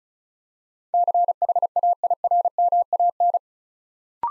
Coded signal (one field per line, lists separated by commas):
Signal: Morse code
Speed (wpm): 36 wpm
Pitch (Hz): 700 Hz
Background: none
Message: CHAIRMAN